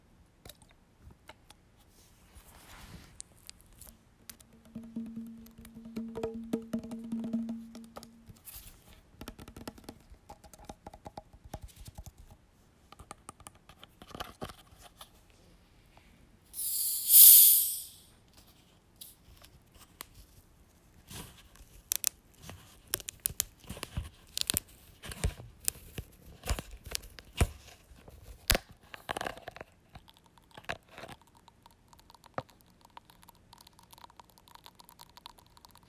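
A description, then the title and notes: Diet Coke: soft clicks and crackling from handling the can, then a loud bright hiss of fizzing around seventeen seconds. A low hum sits near five to eight seconds, and scattered sharp taps, crunches and sips continue through the second half. ASMR Diet Coke (sipping, and fizzing).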